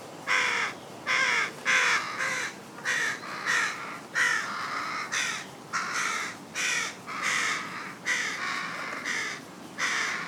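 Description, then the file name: Carrion crow producing a steady series of rasping caws, about one and a half per second, fairly even in loudness. "Corvus corone"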